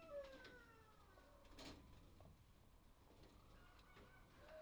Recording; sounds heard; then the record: poultry house recording; healthy chickens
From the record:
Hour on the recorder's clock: 1